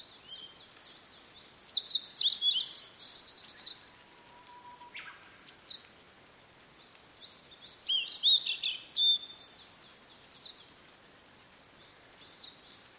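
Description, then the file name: Blue-and-white flycatcher song of high whistles and scratchy buzzing notes in two bursts, with a low long whistle between them. "oruri"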